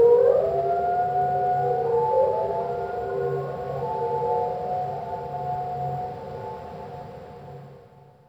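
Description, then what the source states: Whale song, slowed: a swooping upsweep then long sustained wavering tones with harmonics, fading out toward the end over a faint low hum. A single whale, slowed down.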